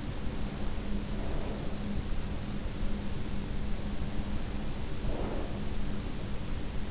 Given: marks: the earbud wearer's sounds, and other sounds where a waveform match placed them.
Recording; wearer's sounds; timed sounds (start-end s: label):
sounds in sleep by an in-ear microphone; breath
1.23-1.87 s: breath
4.98-5.78 s: breath